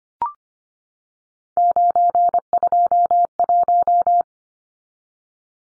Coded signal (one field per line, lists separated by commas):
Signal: Morse code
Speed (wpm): 25 wpm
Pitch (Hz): 700 Hz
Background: none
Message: 921